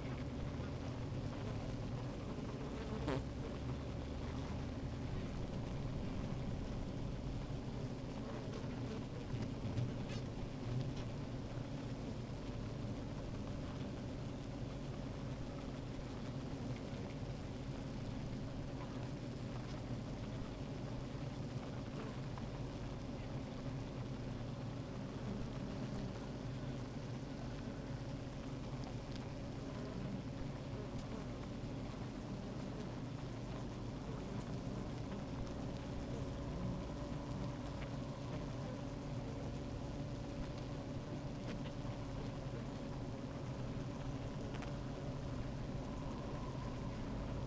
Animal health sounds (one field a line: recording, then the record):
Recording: honeybee colony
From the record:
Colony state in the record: active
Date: 28 July 2017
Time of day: 15:57